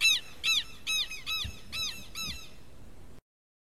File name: canto do abibe do sul